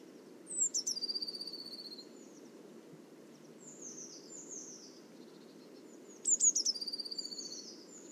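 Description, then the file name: Eurasian blue tit calls, thin high descending notes followed by a quick buzzy trill, given twice several seconds apart, with faint high twitters between and a low steady background hum. "Cyanistes caeruleus"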